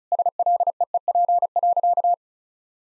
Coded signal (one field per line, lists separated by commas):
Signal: Morse code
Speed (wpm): 36 wpm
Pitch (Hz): 700 Hz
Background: none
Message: SLEEP.